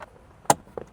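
A plastic retaining clip is pushed into its hole in the interior trim of a Mercedes A220 and seats with one sharp, bright click at 0.5 s. A faint tap opens the clip at the start, and a softer knock follows near 0.8 s; the clip is confirmed back in place.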